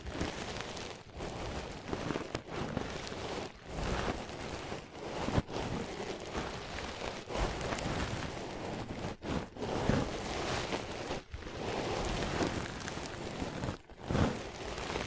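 Tapping and scratching on ear pads makes a dense, muffled rustle across the 15 seconds, with brief quiet gaps near 1, 5, 9, 11 and 14 seconds.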